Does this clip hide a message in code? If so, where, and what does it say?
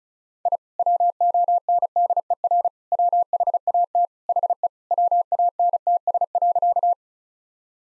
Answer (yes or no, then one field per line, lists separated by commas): yes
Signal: Morse code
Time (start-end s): 0.5-6.9 s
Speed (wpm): 34 wpm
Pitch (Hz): 700 Hz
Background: none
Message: I WONDER WHAT HE WANTS.